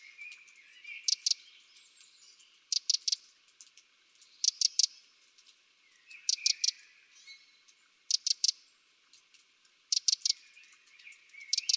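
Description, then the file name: Eurasian wren calls: sharp, dry ticking notes in tight groups of two or three, repeated at regular intervals. "Troglodytes troglodytes"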